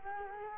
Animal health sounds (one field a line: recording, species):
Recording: mosquito wingbeat signal from an infrared sensor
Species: Culex quinquefasciatus